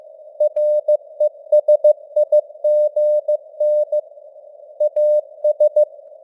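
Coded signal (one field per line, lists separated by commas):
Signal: Morse code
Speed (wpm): 15 wpm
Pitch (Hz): 600 Hz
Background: none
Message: RESIGN AS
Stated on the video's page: News headlines sent in Morse at 15 wpm with simulated radio noise and varying signal strength (QSB).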